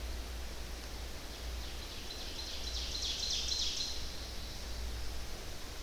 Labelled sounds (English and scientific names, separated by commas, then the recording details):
Ovenbird (Seiurus aurocapilla) song
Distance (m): 55 m
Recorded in boreal forest in Alberta, Canada, on 10 June 2016 at 08:52
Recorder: SongMeter 3, array SBT-3-39
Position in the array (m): 271 m, 159 m
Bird 19